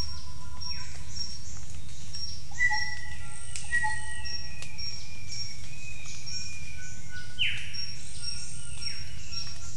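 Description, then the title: Birds whistle long level notes, then give sharp downward-sweeping calls near seven and a half seconds, with a constant insect drone and scattered high chirps. Birds calling in the jungle at Mungku Baru, Central Kalimantan, Indonesia. "丛林中的鸟叫_黑色喜p-印度尼西亚中加里曼丹省Mungku Baru"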